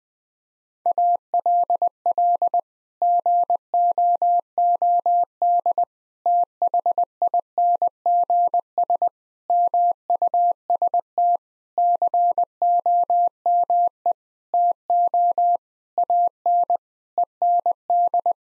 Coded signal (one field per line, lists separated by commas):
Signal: Morse code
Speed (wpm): 19 wpm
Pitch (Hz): 700 Hz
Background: none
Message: ALL GOOD THINGS MUST COME TO AN END